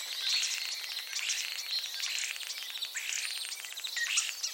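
Common starling song, with rapid clicking rattles mixed with thin whistles and buzzy trills, all high-pitched and continuous.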